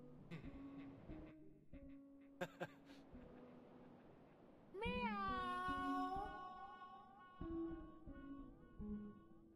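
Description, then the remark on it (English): A cat lets out a long, loud, drawn-out meow with a rising then wavering pitch, preceded and followed by shorter, quieter mewing sounds. “This is cats, man.”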